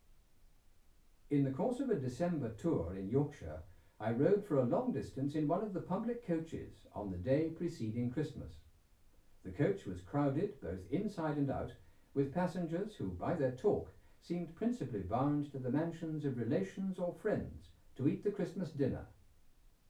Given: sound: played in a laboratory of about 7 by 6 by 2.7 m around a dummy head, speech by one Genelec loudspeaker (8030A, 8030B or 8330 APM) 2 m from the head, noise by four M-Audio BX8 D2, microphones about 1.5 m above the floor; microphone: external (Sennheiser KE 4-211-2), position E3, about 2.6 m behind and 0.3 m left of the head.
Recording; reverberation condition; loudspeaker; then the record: male speech in English; low; 120 degrees to the right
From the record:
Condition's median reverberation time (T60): about 310 ms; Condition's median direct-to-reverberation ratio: about 3.5 dB